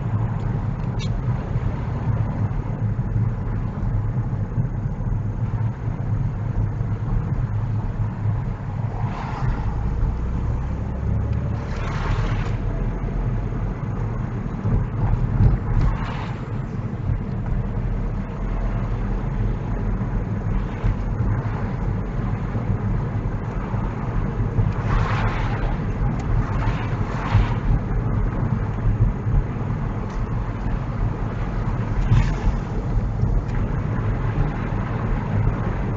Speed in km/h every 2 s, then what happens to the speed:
19, 16, 15, 15, 16, 21, 24, 23, 23, 24, 26, 27, 27, 27, 26, 26, 27, 31.
0-7 steady at about 15. 7-12 speeds up to 24. 12-36 steady at about 26.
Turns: none.